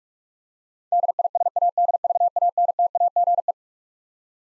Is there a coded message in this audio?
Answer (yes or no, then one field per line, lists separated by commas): yes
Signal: Morse code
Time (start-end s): 0.9-3.5 s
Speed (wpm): 43 wpm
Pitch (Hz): 700 Hz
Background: none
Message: DISADVANTAGE